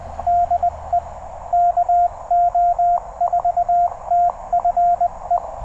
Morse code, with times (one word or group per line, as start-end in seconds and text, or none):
0.3-1.0 DE
1.5-5.4 KO4TFE